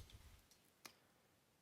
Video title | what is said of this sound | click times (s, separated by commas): Lamley Showcase: Matchbox 2022 Moving Parts Mix 4 & the brand new Porsche 911 | get the interior terrier looks nice doors have a nice click to them | 0.9 s